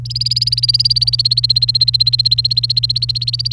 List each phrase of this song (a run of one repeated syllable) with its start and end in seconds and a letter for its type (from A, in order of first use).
0.05-3.53 A